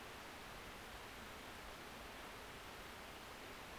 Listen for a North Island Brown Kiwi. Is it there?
no